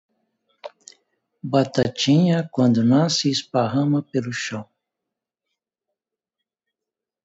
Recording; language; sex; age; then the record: short text; Brazilian Portuguese; male; 60 to 69 years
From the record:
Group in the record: control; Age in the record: 63 years